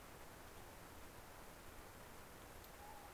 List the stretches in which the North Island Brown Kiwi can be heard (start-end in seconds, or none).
none